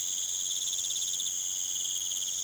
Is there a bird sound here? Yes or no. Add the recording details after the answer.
no. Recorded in pastures near Puerto Asís, Putumayo, Colombia, on 30 June 2025 at 20:30. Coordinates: 0.486, -76.323. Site H29